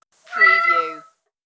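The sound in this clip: Cat giving a single drawn-out meow lasting under a second, steady then gently falling, with no other sounds around it.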